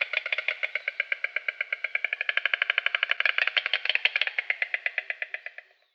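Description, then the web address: White stork bill clatter, a quick wooden rattle of rapid clicks that fades out at the end. "vogelstimmen weissstorch"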